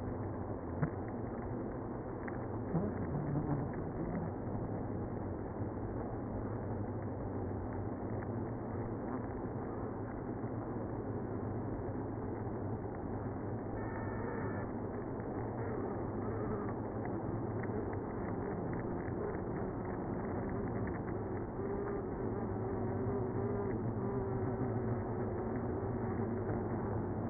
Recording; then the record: honeybee colony, microphone inside the hive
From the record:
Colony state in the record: queenless (queen removed); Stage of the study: after two queens were removed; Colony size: about 60,000 bees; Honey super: yes